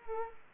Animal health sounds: mosquito wingbeat signal from an infrared sensor; Culex quinquefasciatus

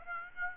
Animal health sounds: mosquito wingbeat signal from an infrared sensor; Aedes aegypti

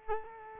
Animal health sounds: mosquito wingbeat signal from an infrared sensor; Culex quinquefasciatus

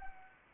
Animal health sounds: mosquito wingbeat signal from an infrared sensor; Anopheles arabiensis

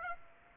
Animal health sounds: mosquito wingbeat signal from an infrared sensor; Aedes aegypti

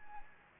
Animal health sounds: mosquito wingbeat signal from an infrared sensor; Anopheles gambiae

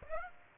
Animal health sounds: mosquito wingbeat signal from an infrared sensor; Aedes aegypti

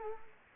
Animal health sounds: mosquito wingbeat signal from an infrared sensor; Culex quinquefasciatus

